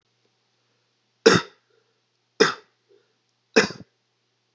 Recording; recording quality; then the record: heavy voluntary cough; excellent, no background noise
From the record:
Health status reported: COVID-19 positive, mild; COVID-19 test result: positive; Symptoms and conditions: cold, sore throat, fatigue, muscle pain, loss of smell and taste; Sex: male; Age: 20 years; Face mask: not worn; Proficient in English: yes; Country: United States